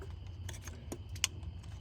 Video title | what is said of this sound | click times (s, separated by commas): How to Change Ignition Coils and fix misfires | just snap right in I want to make sure | 1.2 s